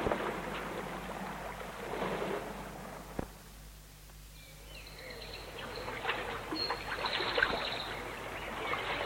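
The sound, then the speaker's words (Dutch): A small river of fresh water babbles and gurgles steadily, a continuous rushing wash with uneven splashy texture, softening briefly mid-way before swelling again, with faint high chirps over it. “Het is een riviertje, Astra.”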